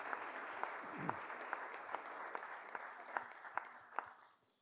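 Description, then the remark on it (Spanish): An audience applauds steadily, a dense wash of clapping with a few sharper individual claps standing out at a regular pace, fading slightly toward the end. Applause for the people of Zacatecas, Mexico, at a gathering of communities affected by the extractive model. “Primero, un aplauso para Zacatecas, que está en resistencia, para ustedes.”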